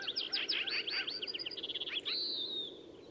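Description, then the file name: Bluebird song: a rapid buzzy trill of falling notes, then a long steady high whistle that fades, with faint background noise. Recorded in June 2007. "Nature A 2007-06 Bluebird"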